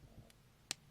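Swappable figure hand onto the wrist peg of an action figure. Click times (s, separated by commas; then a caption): 0.7 s. A swappable fist hand is pushed back onto the left wrist ball joint of a Figma 367 Bloodborne Hunter action figure, a plastic peg going into its socket. A faint tick at 0.3 s comes before one sharp, bright click at 0.7 s as the hand seats firmly on the wrist.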